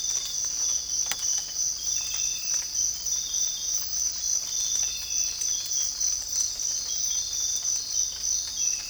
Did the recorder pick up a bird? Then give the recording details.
no. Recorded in dense forest near Puerto Asís, Putumayo, Colombia, on 22 December 2024 at 05:30. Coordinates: 0.485, -76.318. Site GP03